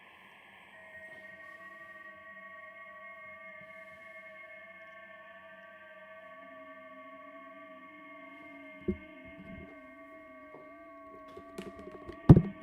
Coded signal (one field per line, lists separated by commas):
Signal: FT8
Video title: ICOM IC-705 -WIRELESS FT8 -USING LAPTOP and RS-BA1 software